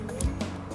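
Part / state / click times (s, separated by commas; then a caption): wiper blade adapter onto windshield wiper arm hook / seated / 0.2 s. A Trico wiper blade's centre adapter is rotated up, the windshield wiper arm is set into it, and the adapter is pushed forward onto the metal arm hook. A sharp, brief click at 0.2 s marks it locking into place, followed by a softer knock at 0.4 s. The adapter is seated on the arm.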